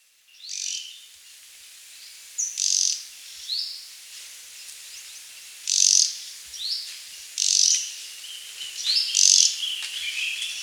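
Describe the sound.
Red-throated flycatcher calls: short dry rattling bursts repeated every few seconds, with softer, thinner notes between them in a quiet background.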